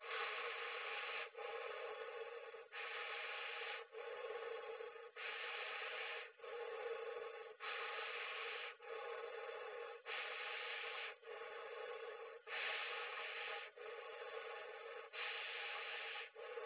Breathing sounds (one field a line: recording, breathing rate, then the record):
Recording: paced breathing near a phone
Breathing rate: 24 breaths a minute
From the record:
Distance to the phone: 20 cm